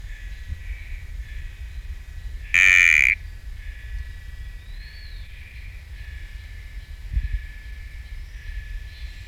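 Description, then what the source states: Sticky frog giving a single strong, harmonic, buzzy-toned note lasting about half a second, set against continuous shrill insect hum and low background noise. Recorded at Camp IV; genus Kalophrynus, species not identified.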